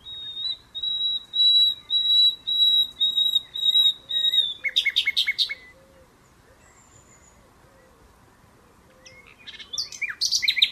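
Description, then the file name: Common nightingale song: about eight slow, swelling piping whistles, a quick rattling flourish, a long pause, then sharp chirps. "Luscinia megarhynchos"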